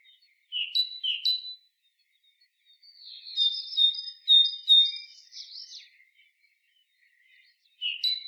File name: Parus major